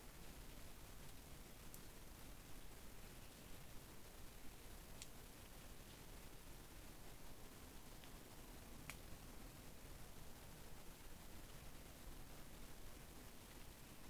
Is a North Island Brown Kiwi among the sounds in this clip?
no